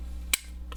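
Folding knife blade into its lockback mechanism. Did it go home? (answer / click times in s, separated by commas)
yes / 0.3 s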